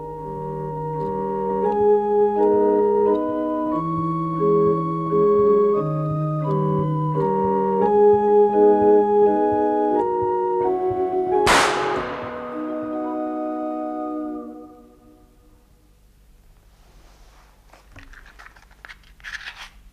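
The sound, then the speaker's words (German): A barrel organ cranks out a steady, bright melody of sustained reedy notes, cut off by one sharp, loud gunshot that rings briefly before the music fades into near silence. “Dieser Schuss, meine Damen und Herren, und die Melodie auf der Drehorgel, die Sie soeben hörten, waren der Schlüssel zu einem seltsamen Kriminalfall”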